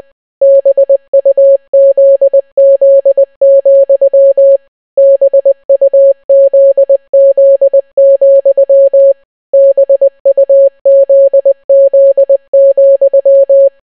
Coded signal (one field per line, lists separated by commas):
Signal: Morse code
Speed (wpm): 20 wpm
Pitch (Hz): 550 Hz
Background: none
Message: BUZZ, BUZZ, BUZZ,